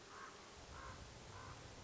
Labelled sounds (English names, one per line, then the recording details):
Common Raven
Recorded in Sonoma County, California